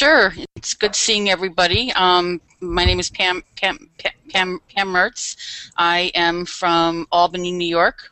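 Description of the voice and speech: An adult woman from Albany, New York, who stutters introduces herself and repeats the first syllable of her name about four times, with a half-second break inside the repetitions. A prolonged 'um' and pauses precede the word. These are part-word repetitions and hesitations typical of adult stuttering.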